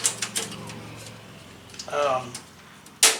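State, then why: Seated. A metal I/O shield is pressed into the rear opening of a computer case until it seats, while someone talks. A few light taps come early, and a sharp, bright click at 3.0 s marks the shield clicking into place.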